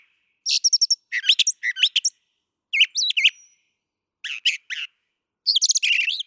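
Brown thrasher song with quick doubled phrases of high chirps and twisting whistles, broken by short gaps.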